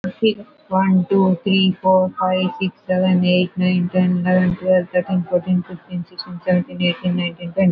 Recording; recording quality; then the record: counting at a normal pace; moderate, slight background noise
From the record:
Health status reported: recovered from COVID-19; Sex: female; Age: 51 years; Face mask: worn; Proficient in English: yes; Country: India